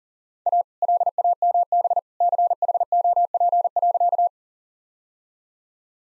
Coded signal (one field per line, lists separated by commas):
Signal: Morse code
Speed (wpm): 40 wpm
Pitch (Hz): 700 Hz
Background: none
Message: A LAMB CHOP.